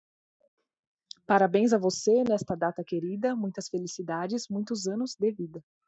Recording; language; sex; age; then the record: short text; Brazilian Portuguese; female; 20 to 29 years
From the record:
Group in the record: control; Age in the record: 26 years